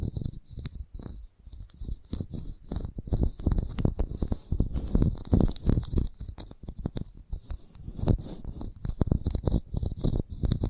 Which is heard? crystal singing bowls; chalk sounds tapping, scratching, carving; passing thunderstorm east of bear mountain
chalk sounds tapping, scratching, carving